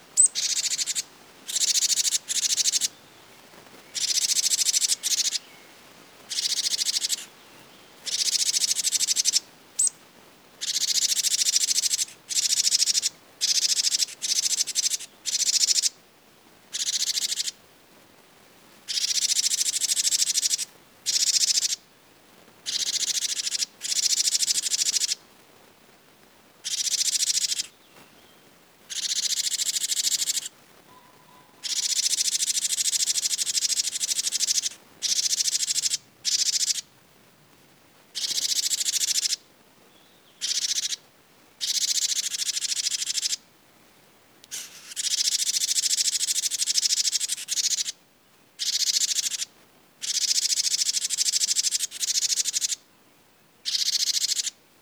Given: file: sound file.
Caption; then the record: Alarm calls of Jilin-tits in response to chipmunks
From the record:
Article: Geographic Variation in Note Types of Alarm Calls in Japanese Tits (Parus minor)